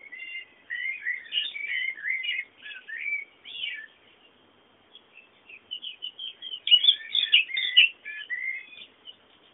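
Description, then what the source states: Birds chirping in lively overlapping bursts of short tweets, a pause near the middle, then a louder busy chorus. Bird sounds meant as background ambience.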